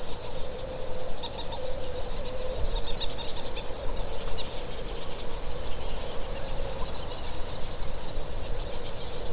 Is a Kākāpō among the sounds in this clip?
no